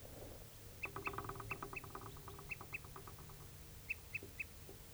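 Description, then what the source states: Crossbill toop calls: short, clear, high notes given in pairs and a trio, with a faint twittering series of lower notes in between and low background hum. Two crossbills in view, both looking red, giving toop calls.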